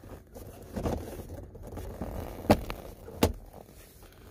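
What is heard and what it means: During the gearshift knob reinstall on a 2012 Beetle, after the harness is plugged in, a plastic gearshift trim part is pressed onto the shifter assembly over low rustling and handling noise. A sharp tick sounds at 2.5 s, then a crisp snap at 3.2 s as the trim part seats in place.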